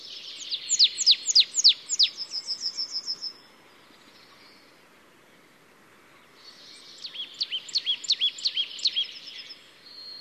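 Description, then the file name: Marsh tit calls: quick bursts of sharp, high, downslurred notes run into a buzzy trill, a pause of about three seconds, then another rapid series of hooked notes. "Poecile palustris"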